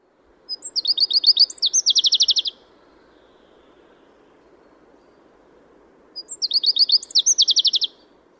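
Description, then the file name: Common chaffinch song: a rapid series of high notes building into a rattling trill with a terminal flourish, repeated twice about six seconds apart over quiet background. "Fringilla coelebs"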